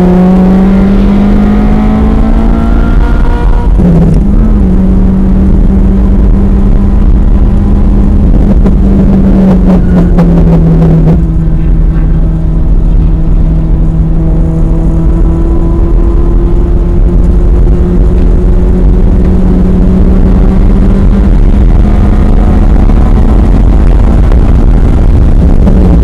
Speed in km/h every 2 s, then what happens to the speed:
126, 130, 138, 137, 114, 111, 113, 121, 126, 134, 148, 158, 158.
0-5 speeds up to 138. 5-11 brakes to 111. 11-22 speeds up to 158.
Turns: 7-17.